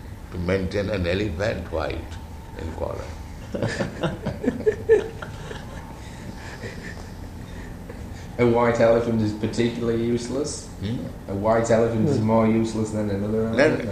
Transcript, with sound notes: to maintain an elephant, white in color. [devotees laugh]
A white elephant is particularly useless?
Hm?
A white elephant is more useless than another elephant?